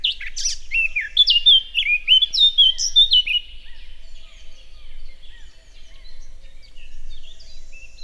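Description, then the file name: Eurasian blackcap song: a loud burst of clear, fluty whistled notes stepping up and down over three seconds, then softer scratchy warbling continues quietly. "Sylvia atricapilla"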